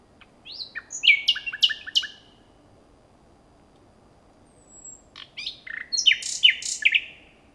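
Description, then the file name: Common nightingale phrases of sharp descending notes and rapid staccato chirps, a thin whistle between them, then another burst of repeated loud notes. "Luscinia megarhynchos"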